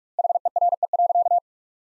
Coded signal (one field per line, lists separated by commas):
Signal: Morse code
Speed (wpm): 46 wpm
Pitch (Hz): 700 Hz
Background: none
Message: HERE.